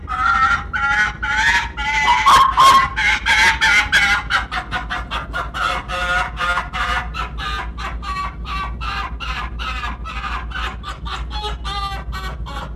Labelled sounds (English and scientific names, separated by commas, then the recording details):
Arctic Fox (Vulpes lagopus)
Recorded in captivity
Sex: pair
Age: adult
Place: Zoologisches Institut der HUB, Berlin, DE
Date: 1957-04-10 15:30
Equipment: Elmetra
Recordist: Tembrock, Günter